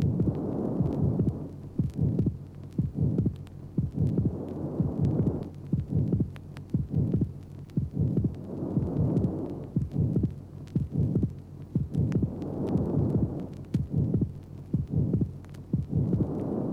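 Adult heart sounds with an atrial septal defect, heard over the pulmonary area during normal breathing; regular beats at about 60 per minute with low-pitched sound waxing and waning with respiration.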